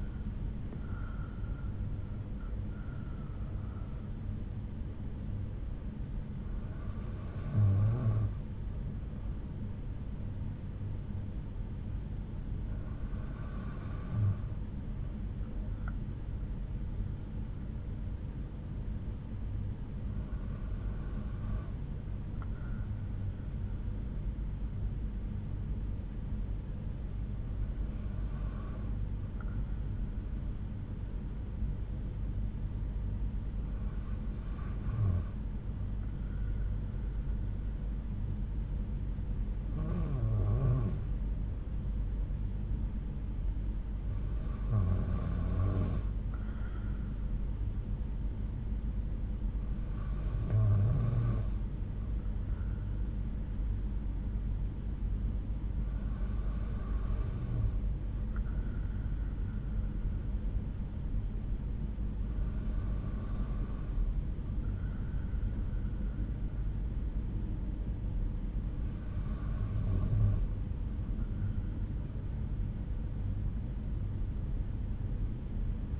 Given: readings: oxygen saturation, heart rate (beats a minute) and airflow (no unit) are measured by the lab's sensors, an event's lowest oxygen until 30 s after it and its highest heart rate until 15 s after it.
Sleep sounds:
breathing in sleep by a smartphone at the bedside; none
none scored
From the record:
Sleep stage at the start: N2 (light sleep); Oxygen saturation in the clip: 93 to 95%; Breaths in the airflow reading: 12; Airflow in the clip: -6.4 to 5.1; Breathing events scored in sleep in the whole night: 368 in 8.0 hours asleep

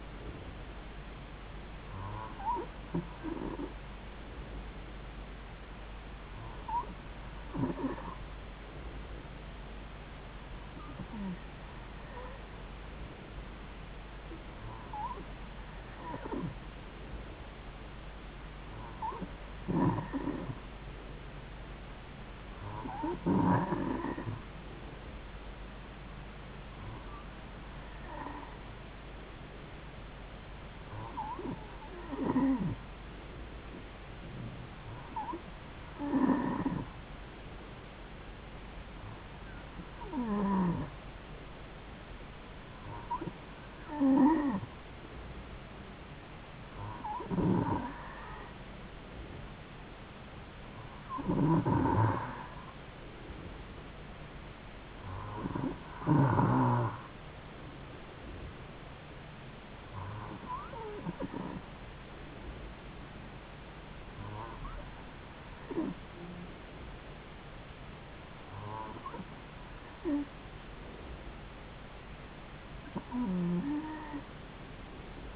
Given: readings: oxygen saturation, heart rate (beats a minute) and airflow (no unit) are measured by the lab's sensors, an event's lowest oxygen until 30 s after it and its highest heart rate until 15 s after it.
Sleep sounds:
breathing in sleep by a voice recorder at the bedside; none
20.00-75.36 s: new sleep stage, N2 (light sleep)
From the record:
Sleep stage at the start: N3 (deep sleep); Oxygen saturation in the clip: 92 to 93%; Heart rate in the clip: 69 to 75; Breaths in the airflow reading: 18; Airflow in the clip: -3.8 to 3.2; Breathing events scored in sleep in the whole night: 270 in 6.1 hours asleep

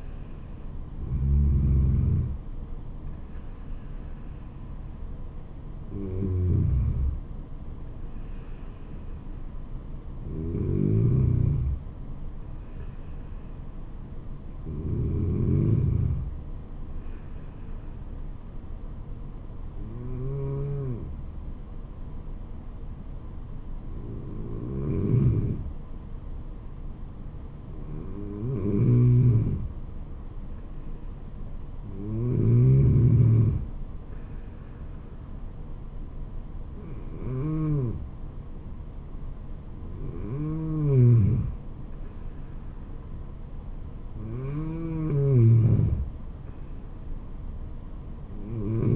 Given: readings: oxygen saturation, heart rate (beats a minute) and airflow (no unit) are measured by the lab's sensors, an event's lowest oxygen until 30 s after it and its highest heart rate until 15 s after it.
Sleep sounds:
breathing in sleep by a smartphone at the bedside; 1
20.00-41.30 s: hypopnea (N2, oxygen 95% highest, then 92% lowest, heart rate 72 at the start, 76 highest)
From the record:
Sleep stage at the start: N2 (light sleep); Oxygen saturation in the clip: 93 to 95%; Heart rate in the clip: 67 to 76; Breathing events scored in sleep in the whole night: 426 in 7.4 hours asleep

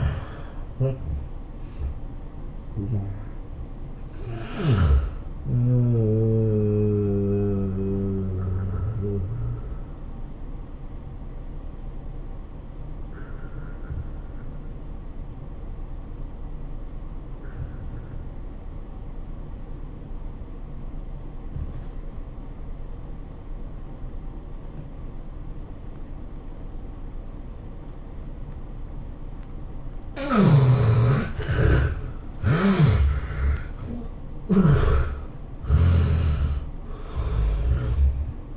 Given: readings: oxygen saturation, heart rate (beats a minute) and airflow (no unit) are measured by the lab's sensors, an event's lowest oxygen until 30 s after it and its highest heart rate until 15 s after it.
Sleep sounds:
breathing in sleep by a smartphone at the bedside; 1
8.00-30.30 s: obstructive apnea (N2, oxygen 97% highest, then 72% lowest, heart rate 104 at the start, 109 highest)
From the record:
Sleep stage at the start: N2 (light sleep); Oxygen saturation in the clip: 73 to 97%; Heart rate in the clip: 83 to 108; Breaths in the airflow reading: 5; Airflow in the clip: -19.8 to 17.5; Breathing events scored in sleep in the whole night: 403 in 5.5 hours asleep

